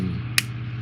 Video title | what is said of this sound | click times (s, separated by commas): AGORA Models 1:200 Scale Build the RMS TITANIC Shipment 3 (Build Video) | again it's always a good thing to hear the uh the snap into place | 0.4 s